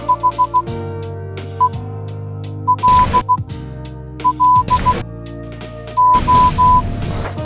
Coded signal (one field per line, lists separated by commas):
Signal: Morse code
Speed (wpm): 16 wpm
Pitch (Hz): 1000 Hz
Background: music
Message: HELLO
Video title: DEN MEETING MONDAY E1: Morse Code (-- --- .-. ... . / -.-. --- -.. .)